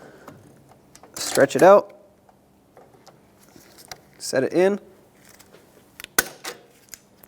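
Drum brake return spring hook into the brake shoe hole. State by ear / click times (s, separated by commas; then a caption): partly seated / 6.2 s. On rear drum brakes of a 2012-2020 Ford Focus, a drum brake return spring's metal hook is stretched and pushed into its hole on the brake shoe, with light metallic ticks and someone talking in two bursts. A sharp metallic hit at 6.2 s marks the hook going in, but it is not seated all the way and still needs a screwdriver and hammer to finish.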